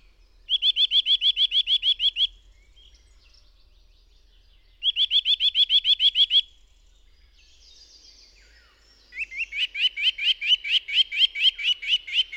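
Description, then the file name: Eurasian nuthatch repeating fast, even trills of sharp whistled notes, two bursts of about two seconds each, then a longer, slower run of rising notes; faint other birdsong between. Recorded in forest. "sitelle torchepot"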